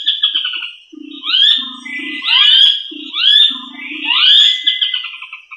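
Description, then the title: Rail calling with loud harsh, rising and falling screechy notes in overlapping bursts, over a low buzzing rattle underneath. "LuckyFamilia RallidaeFrangoSama"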